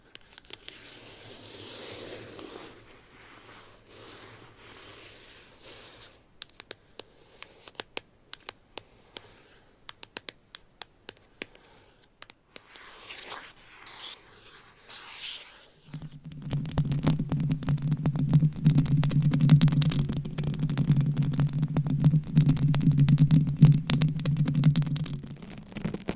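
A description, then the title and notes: Dry scratching and light tapping, with sharp clicks scattered irregularly through the first fifteen seconds. At about sixteen seconds a denser, louder rubbing begins with a low steady hum beneath it, continuing busily to the end. Scratching , Tapping , Massage & More.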